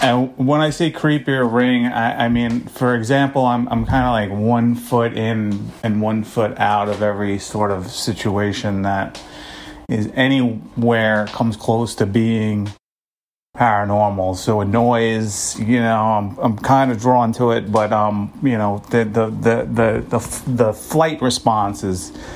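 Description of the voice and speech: Adult man who stammers, speaking with repeated words, such as a doubled 'I'm, I'm' and a five-fold 'the the the the the', consistent with stuttering.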